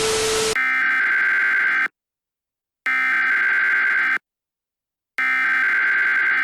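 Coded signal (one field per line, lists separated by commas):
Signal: Emergency Alert System (SAME) tones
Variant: header bursts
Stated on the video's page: Fictional EAS scenario, analog horror.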